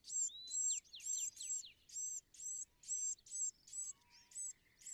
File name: Bewick's Wren